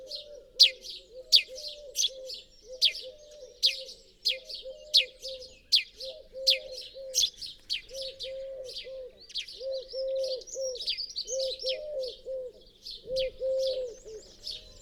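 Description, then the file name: House sparrow chirping rapidly and persistently, harsh notes in quick runs, while a pigeon-like bird coos steadily in low repeated phrases. "Passer domesticus"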